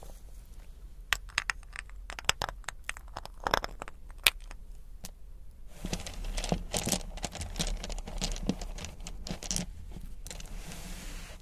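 Small crystals and beads tap and click in sparse bright ticks, then around six seconds become a denser, continuous scratching and rattling jostle.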